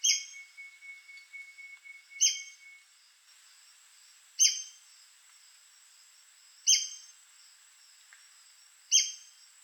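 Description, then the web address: White-crested spadebill giving five abrupt, rasping squeaks at roughly two-second intervals; a thin level whistle sounds early on, with a constant high whine throughout. "sound White-crested-spadebill. دانلود-صدای-پرنده-بیلچه-نوک-کاکل-سفید"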